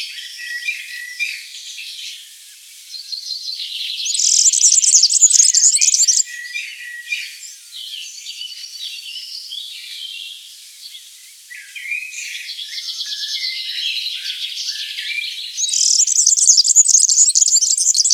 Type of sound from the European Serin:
song